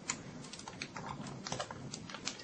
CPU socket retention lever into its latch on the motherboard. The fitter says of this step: and there we go now it's pushed down and uh locked into place